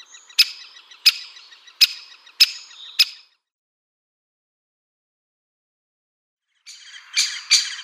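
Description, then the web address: Great spotted woodpecker calls: sharp, hard single 'kik' notes repeated about every 0.7 seconds, then a pause and a few more quicker notes. "Schulze Peter Great Spotted Woodpecker calls"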